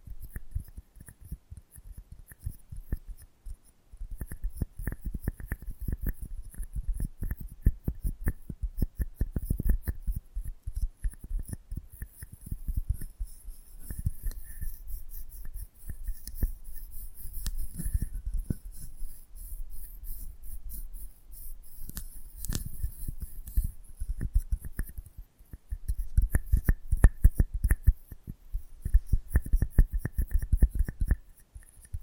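ASMR mic treatment: dense bursts of soft scratching, tapping and brushing against the microphone, with heavy low thumps from contact. The rubbing comes in busy stretches with brief quiet gaps, near 4 and 25 seconds, and a faint thin hiss sits high above throughout.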